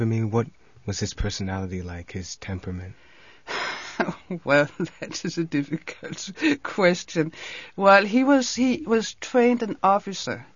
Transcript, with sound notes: What was his personality like? His temperament?
(laughing) Well, that is a difficult question. Well, he was trained an officer,